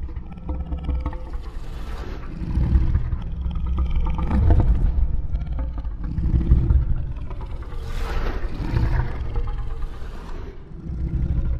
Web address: big cats|lions